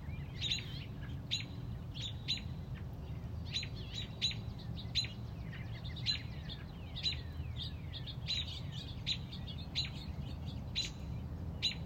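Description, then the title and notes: Robin calling with rapid, insistent high chirps in irregular bursts, interspersed with faint sliding notes, above constant low-pitched background rumble. Mother robin on a front porch protecting a newly hatched chick. "A Mother Robin’s Love. Stubbled upon a Mother Robin on our front porch. Protecting a newly born baby Robin"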